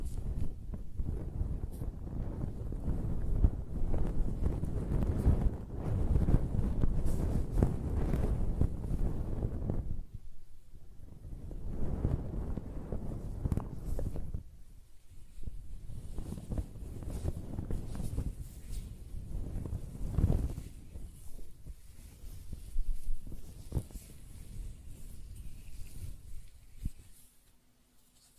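Hair being scratched, brushed and stroked in dense, low rustling bursts, heaviest in the first ten seconds, then lighter strokes before fading out.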